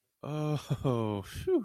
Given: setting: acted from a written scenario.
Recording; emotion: vocal sound without words; relief